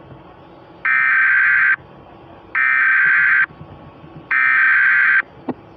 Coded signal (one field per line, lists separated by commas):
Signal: Emergency Alert System (SAME) tones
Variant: header bursts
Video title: EAS Scenario: Astroids bitch!